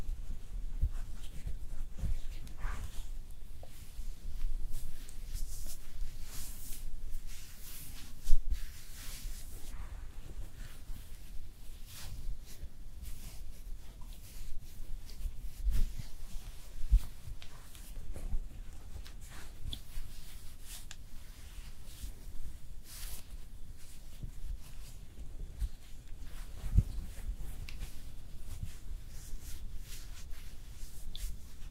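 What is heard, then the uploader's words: Quiet makeup sounds without any talking: soft brushing, light tapping and small scratchy strokes come in a dense, uneven stream throughout. Occasional sharper clicks stand out, one near eight seconds, over a faint low hum. ASMR Makeup Artist Does Your MAKEUP (Layered + No Talking).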